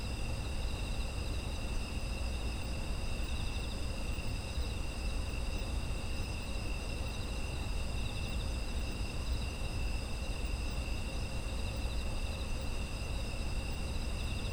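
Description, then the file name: Insects singing in a continuous ringing chorus, high trills stacked at different pitches, never pausing, over a low droning rumble. Autumn insect ambience. "秋の虫の環境音"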